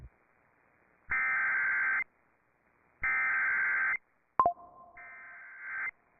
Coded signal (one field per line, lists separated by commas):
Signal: Emergency Alert System (SAME) tones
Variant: header bursts